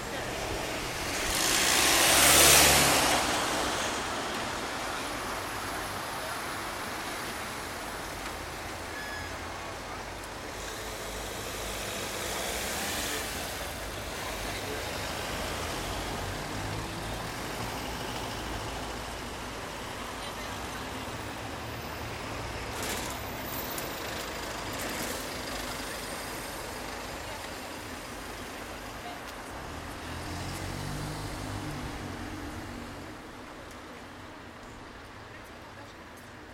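A soundwalk in Margate, with traffic passing throughout. A loud vehicle sweeps by near the start, around two seconds in, followed by a steady wash of engine and road noise, with quieter pass-bys near thirteen and thirty seconds and faint voices now and then.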